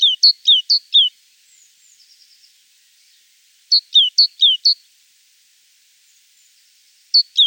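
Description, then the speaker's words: Great tit song: a quick run of bright 'tea-cher' phrases, a short break, another run, then the start of a third, with little else audible. Leaky pump song, 'teacher, teacher', the most distinctive of its huge range of sounds. "Great tits have a huge range of sounds, but the most distinctive is the leaky pump song. Teacher"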